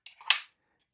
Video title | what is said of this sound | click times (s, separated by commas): Worth it? Review of Magnifying Glasses with Light | Once you hear it click, you know it's good. | 0.3 s